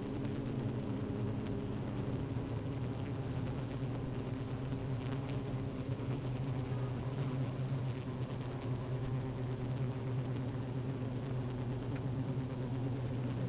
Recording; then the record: honeybee colony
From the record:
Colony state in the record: active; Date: 28 July 2017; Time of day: 15:44